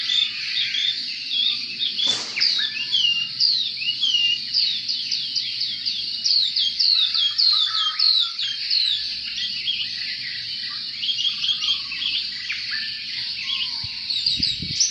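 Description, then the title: Oriental magpie-robin song of rapid, varied whistles and chirps, with runs of quick repeated notes; a sharp click near the start and a low thump at the end. "Kicau Kacer"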